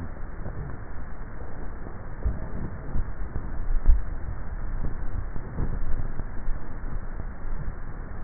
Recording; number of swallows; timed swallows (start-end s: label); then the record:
swallowing sounds by neck microphone; 2
3.58-4.65 s: swallow
5.78-6.52 s: swallow
From the record:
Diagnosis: dysphagia